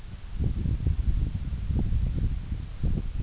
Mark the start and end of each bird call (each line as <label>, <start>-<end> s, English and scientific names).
White-rumped Sandpiper (Calidris fuscicollis), 0.89-3.22 s